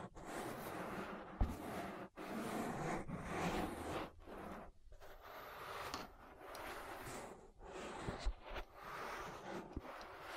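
An ear massage: steady, dense rubbing and brushing against the microphone fills nearly the whole clip with a full, hissing rustle. It breaks off briefly around two, five and seven and a half seconds, and a few sharp taps land near one and a half and eight seconds.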